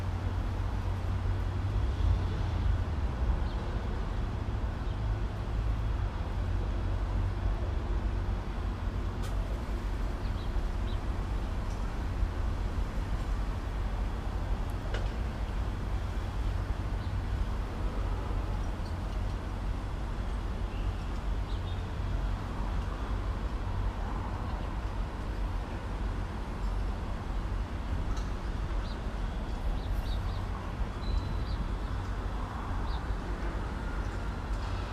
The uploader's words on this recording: Alongside the Rail Trail in South End. Featuring the light rail, construction and walkers.